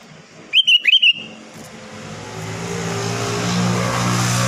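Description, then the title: Sooty-headed bulbul song: a brief phrase of several fast, fluty chirps at the start, followed by steadily rising traffic roar. "Kutilang"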